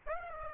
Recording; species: mosquito wingbeat signal from an infrared sensor; Aedes aegypti